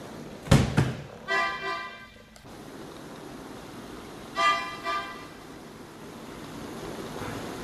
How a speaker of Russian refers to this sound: Вы слышите? Машина уже здесь.